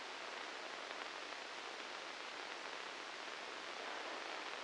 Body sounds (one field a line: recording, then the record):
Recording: brain microelectrode recording played as sound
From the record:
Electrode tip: inside the subthalamic nucleus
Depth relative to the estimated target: 1 mm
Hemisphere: left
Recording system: NeuroSet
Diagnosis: Parkinson's disease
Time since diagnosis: 8 years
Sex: male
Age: 37 years